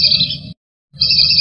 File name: audio-burung-belibis-kembang -omkicau